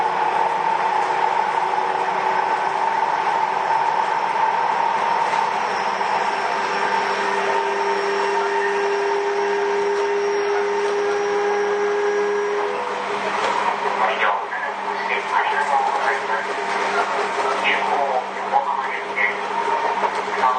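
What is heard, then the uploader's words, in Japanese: Ride aboard a Sotetsu new 7000 series train between Ebina and Yokohama, with a steady rumbling drone throughout. A mid-pitched motor whine holds from about 7 to 12 seconds, then fades. After that, scattered clattering and rattling from the running gear take over. 相鉄新7000系 海老名〜横浜。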